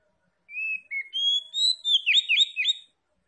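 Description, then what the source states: Oriental magpie-robin in a short phrase: clear whistled notes, then a quick series of rippling, bouncing high whistles. Called kacer locally; Tretes type or locality; described as gacor, singing vigorously.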